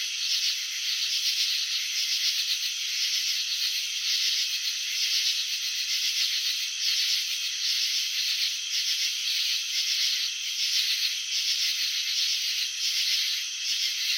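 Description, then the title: Crickets producing a steady, shrill rattling trill of quick pulses with small regular surges in volume, nothing else audible. Crickets filmed in slow motion while chirping, showing wing vibrations and antenna movements. "Crickets in Slow Motion. Capturing the Elegance of Chirping"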